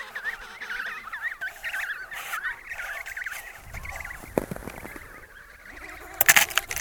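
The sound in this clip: Penguin brays, wavering and nasal, fill the first half, then fade behind clattering and scraping knocks with a burst of rattling noise near the end.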